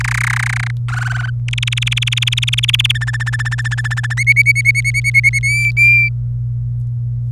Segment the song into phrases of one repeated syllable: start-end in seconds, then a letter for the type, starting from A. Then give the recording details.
0.00-0.71 A, 0.88-1.30 B, 1.48-2.92 C, 2.95-4.14 D, 4.17-5.39 E, 5.43-6.09 F. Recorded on 27 April 2018 at 06:44. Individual llb3